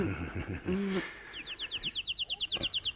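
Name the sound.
bird chirping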